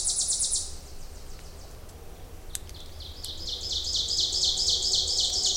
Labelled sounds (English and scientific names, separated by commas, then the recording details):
Ovenbird (Seiurus aurocapilla) song
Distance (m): 20 m
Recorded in boreal forest in Alberta, Canada, on 26 May 2016 at 08:11
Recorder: SongMeter 3, array SBT-3-15
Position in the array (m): 53 m, 217 m
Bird 20